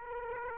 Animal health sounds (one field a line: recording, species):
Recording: mosquito wingbeat signal from an infrared sensor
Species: Aedes aegypti